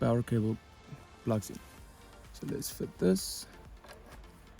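Someone talks while handling the power cable plug near its socket behind a digital instrument cluster being installed in a BMW F10 5 Series, with only faint handling noises between the words. Nothing has seated or clicked yet by the end of the clip.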